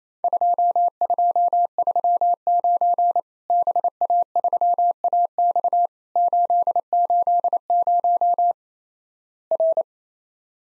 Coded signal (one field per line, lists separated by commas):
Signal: Morse code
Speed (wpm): 28 wpm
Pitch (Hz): 700 Hz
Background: none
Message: 2239 BA3AX 880 R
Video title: Worked All Europe DX Contest QTC Exchange 28wpm